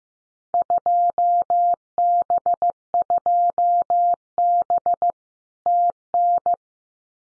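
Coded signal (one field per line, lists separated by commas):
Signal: Morse code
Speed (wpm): 15 wpm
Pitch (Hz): 700 Hz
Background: none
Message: 2B2B TN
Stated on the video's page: Randomly selected Field Day exchanges at 15 wpm for head-copy practice, each sent in Morse twice.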